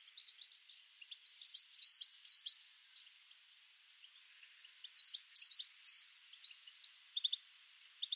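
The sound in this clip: Coal tit delivering short bursts of repeated high, ringing double notes, two phrases separated by a pause.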